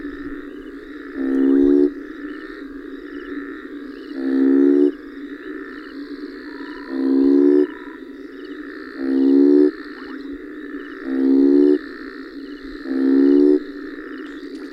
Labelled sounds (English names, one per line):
African Split-skin Toad call